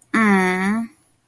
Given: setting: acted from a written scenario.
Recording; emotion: vocal sound without words; sympathy